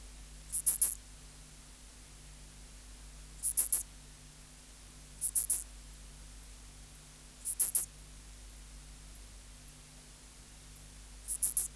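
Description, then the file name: Pholidoptera fallax song: short high chirps grouped in twos and threes, repeated at irregular intervals of a few seconds, a steady faint hum in the background. "Pholiodoptera fallax"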